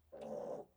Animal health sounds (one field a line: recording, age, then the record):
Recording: pig call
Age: piglet (1 to 25 days)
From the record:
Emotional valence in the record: negative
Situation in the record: restrain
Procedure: back test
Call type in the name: low-frequency call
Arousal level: low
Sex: male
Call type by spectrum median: low-frequency call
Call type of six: low-frequency stable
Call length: 0.76 s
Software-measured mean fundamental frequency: 56 Hz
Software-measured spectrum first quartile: 426 Hz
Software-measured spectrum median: 540 Hz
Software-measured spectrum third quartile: 657 Hz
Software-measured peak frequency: 560 Hz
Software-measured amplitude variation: 185 dB a second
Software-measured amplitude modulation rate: 23.6 a second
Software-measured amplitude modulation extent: 7.8 dB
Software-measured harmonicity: 4.2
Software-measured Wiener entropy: -0.07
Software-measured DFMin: 1080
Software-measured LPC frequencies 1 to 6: 543, 2728, 3601, 5667, 6381, 7991 Hz